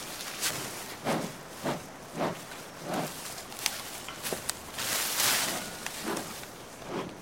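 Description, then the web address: Panda chewing food, with repeated crunching bites and a longer rustling crackle in the second half. Panda chewing and eating something. "il suono di un panda che mastica e mangia qualcosa"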